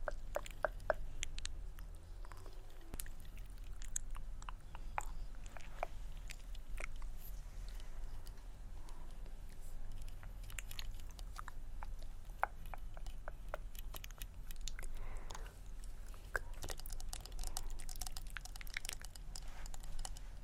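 Mouth sounds and scratching, with a busy scatter of sharp clicks, taps and crackles throughout, some crisp and bright. Soft wet chewing-like noises mix in over a steady low rumble.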